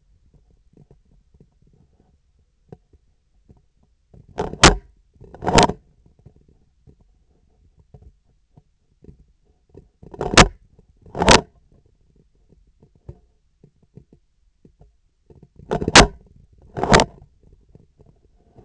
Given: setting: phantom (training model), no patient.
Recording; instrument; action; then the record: laparoscopic instrument, vibration sensor on the handle end; scissors; opening and closing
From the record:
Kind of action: tool actuation without material contact